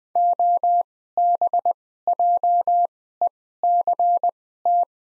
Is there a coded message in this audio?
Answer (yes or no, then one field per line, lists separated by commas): yes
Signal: Morse code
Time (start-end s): 0.2-4.8 s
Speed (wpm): 20 wpm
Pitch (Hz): 700 Hz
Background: none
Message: OBJECT